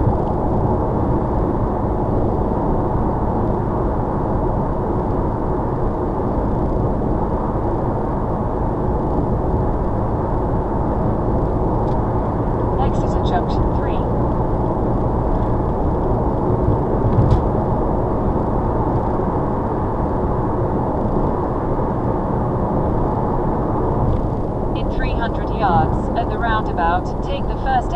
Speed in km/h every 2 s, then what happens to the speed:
95, 97, 98, 95, 97, 100, 100, 101, 105, 103, 105, 101, 98, 93.
0-20 steady at about 100. 20-28 slows to 93.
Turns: none.